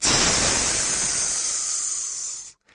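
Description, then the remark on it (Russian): A spectacled cobra at a zoo hissing as it spreads its hood: a single long, loud, airy hiss lasting over two seconds, bright and breathy, fading slightly before cutting off abruptly into silence. No voices are heard. “Просвистел он, раздувая воротник”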